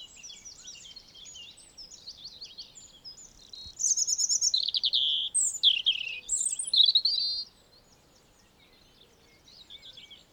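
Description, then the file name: European robin song, a loud phrase of thin, high warbling trills and sweet notes lasting about four seconds, with fainter similar song before and after. "Erithacus rubecula"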